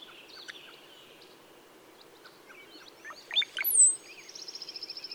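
Brown-headed cowbird singing a bubbly, gurgling phrase ending in a piercing high slurred whistle, with scattered chips before and a rapid trill after.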